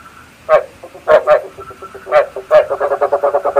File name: tieng ech duc keu kich thich ech ghep cap sinh san